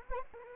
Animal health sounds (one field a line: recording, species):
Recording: mosquito wingbeat signal from an infrared sensor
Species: Anopheles arabiensis